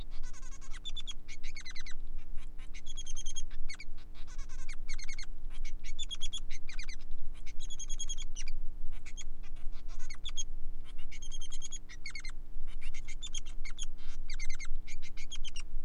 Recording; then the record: song of a male Bengalese finch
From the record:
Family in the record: son of father 3